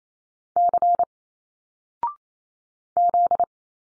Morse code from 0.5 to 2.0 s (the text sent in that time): C